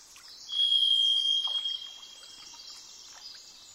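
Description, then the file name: Varied thrush giving a single drawn-out, even, vibrating whistle lasting over a second, over constant hiss. "jh-040427-variedthrush"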